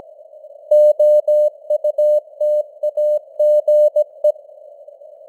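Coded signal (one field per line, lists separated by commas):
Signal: Morse code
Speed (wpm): 17 wpm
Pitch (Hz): 600 Hz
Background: none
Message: OUTAGE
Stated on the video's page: Simulated Morse news at 17 wpm with artificial radio noise and varying signal strength (QSB fading).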